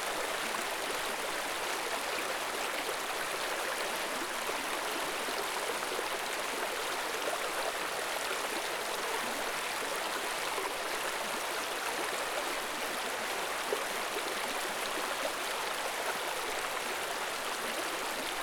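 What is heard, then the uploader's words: A calm river flows steadily, its dense, even rush of water filling the sound from start to finish without pause. The tone is bright and hissy with little low rumble, suggesting close, shallow water babbling over stones rather than a deep, heavy current. Calm Flowing River.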